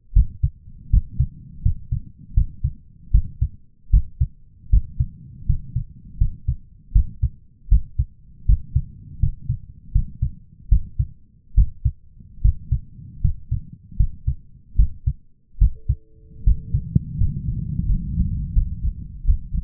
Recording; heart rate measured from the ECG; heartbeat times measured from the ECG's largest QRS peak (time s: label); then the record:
heart sounds by stethoscope; 79 bpm
0.13 s: heartbeat
0.90 s: heartbeat
1.63 s: heartbeat
2.34 s: heartbeat
3.11 s: heartbeat
3.91 s: heartbeat
4.70 s: heartbeat
5.46 s: heartbeat
6.18 s: heartbeat
6.93 s: heartbeat
7.69 s: heartbeat
8.46 s: heartbeat
9.20 s: heartbeat
9.92 s: heartbeat
10.69 s: heartbeat
11.55 s: heartbeat
12.42 s: heartbeat
13.21 s: heartbeat
13.97 s: heartbeat
14.76 s: heartbeat
15.58 s: heartbeat
16.44 s: heartbeat
17.18 s: heartbeat
17.86 s: heartbeat
18.53 s: heartbeat
19.24 s: heartbeat
From the record:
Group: healthy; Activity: rest 0-17 s, breath hold 17-20 s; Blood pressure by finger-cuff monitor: 157/99 mmHg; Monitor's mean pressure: 113 mmHg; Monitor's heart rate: 78 bpm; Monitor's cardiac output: 7.2 L/min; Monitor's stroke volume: 91 mL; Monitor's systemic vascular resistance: 1170 dyn s/cm5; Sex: male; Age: 23 years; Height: 179 cm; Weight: 87 kg